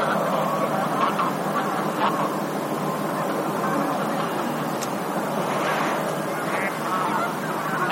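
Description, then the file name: Bean goose: bean geese giving steady overlapping honks from a flock, a dense, even chorus with a few stronger calls standing out. "hisikui"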